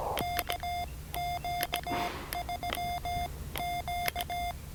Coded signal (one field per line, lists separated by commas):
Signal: Morse code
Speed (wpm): 17 wpm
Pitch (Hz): 700 Hz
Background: none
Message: KQ3Q